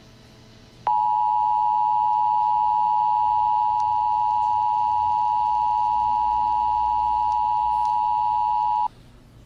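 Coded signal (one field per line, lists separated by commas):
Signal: Emergency Alert System (SAME) tones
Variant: 853 and 960 Hz attention tone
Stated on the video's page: Fictional EAS scenario made for entertainment.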